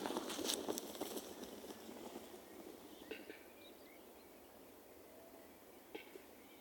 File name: Digiffects Sound Effects Library - Capercaillie Bird Snapping